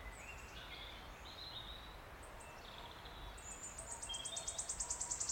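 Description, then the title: Wood warbler song: after scattered notes from other birds, a run of high ticking notes speeds up and grows louder through the last two seconds. Male singing from oak canopy in an ancient oak wood, steep-sided wooded valley, South Wales, Britain, May, just after rain stopped. "Sound Escape 16: listen to the cascade of wood warbler song in an ancient oak wood"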